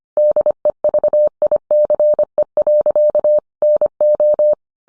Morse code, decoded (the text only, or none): DEVICE. NO